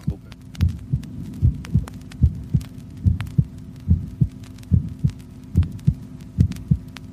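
Normal adult heart sounds at rest, a steady beat around 72 per minute with low-pitched paired thumps; a completely normal heart in someone doing well.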